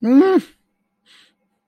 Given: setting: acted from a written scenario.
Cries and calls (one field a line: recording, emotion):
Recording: vocal sound without words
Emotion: elation